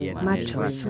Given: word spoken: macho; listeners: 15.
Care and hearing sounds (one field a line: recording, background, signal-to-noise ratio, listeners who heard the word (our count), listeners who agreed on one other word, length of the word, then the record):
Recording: one Spanish word in noise, from a listening test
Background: four-talker babble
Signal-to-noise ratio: 1.0 dB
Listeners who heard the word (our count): 2 of 15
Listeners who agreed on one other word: 13 of 15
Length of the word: 0.50 s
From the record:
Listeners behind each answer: 13, 2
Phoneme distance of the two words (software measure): 7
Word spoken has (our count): 2 syllables, 4 phonemes, stress on syllable 1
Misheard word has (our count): 2 syllables, 5 phonemes, stress on syllable 1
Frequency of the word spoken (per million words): 12.78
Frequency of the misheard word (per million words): 6.39